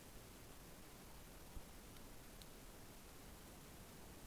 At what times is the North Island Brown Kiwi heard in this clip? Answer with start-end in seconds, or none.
none